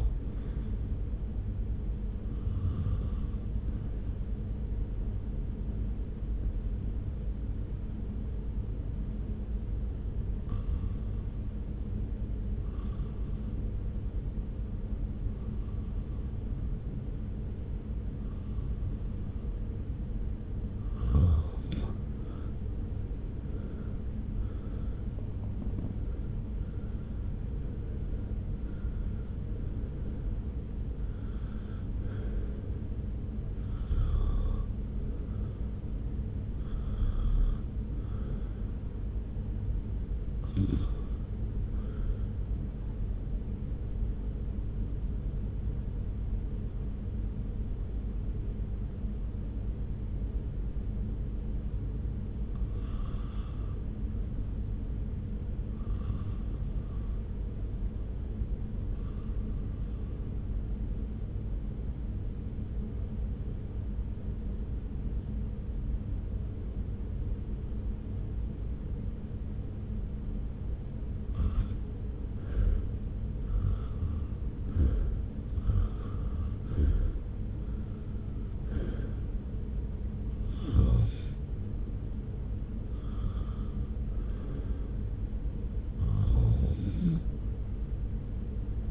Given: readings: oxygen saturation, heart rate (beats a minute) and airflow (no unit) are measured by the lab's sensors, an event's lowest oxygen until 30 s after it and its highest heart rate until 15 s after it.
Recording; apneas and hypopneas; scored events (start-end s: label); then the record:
breathing in sleep by a smartphone at the bedside; 2
4.00-22.00 s: hypopnea (REM, oxygen 93% highest, then 83% lowest)
46.00-71.20 s: obstructive apnea (REM, oxygen 97% highest, then 80% lowest)
From the record:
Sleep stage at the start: REM sleep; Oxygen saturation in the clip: 78 to 97%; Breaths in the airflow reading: 22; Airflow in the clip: -1.2 to 1.5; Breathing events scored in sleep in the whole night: 335 in 6.7 hours asleep